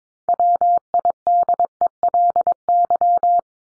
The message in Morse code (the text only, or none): WIDELY